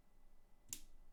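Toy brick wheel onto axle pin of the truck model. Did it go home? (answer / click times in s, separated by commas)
yes / 0.7 s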